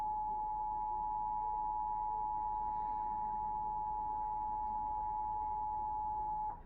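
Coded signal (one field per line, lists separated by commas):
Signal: Emergency Alert System (SAME) tones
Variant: 853 and 960 Hz attention tone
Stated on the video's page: Severe thunderstorm warning EAS alerts from NOAA Weather Radio station KGG68 and television station KUHT 8.1.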